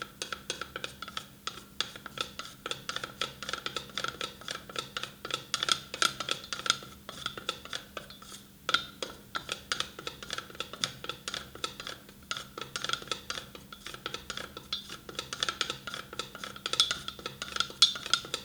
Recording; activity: daily activity, guitar pickup as the sensor; fry